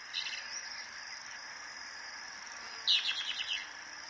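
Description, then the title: Plain-crested elaenia song, a brief burst of rapid buzzy chattering notes lasting under a second, over a constant high insect drone. "LuckyPassaro Completos2Sama. Plain-crested Elaenia (Elaenia cristata)"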